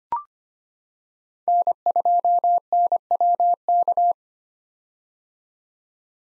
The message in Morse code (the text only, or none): N2NWK